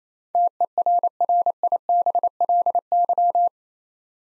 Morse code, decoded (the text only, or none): TERRIBLY